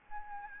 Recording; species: mosquito wingbeat signal from an infrared sensor; Aedes albopictus